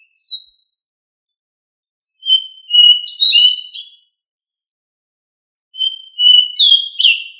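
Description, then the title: Thrush song: melodic whistled phrases mixing a level tone with rapid varied slurs, each phrase followed by a silence of one to two seconds. Family Turdidae. "Familia Turdidae - Sabia"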